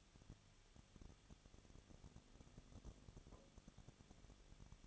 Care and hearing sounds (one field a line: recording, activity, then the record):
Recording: daily activity, microphone in the room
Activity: no activity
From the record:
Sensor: 4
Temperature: 23.0 degrees Celsius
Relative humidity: 34.2%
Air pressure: 1007.4 hPa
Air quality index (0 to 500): 212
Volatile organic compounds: 14 ppm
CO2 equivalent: 2437 ppm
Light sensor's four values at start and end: 2/3/1/1 and 2/3/1/1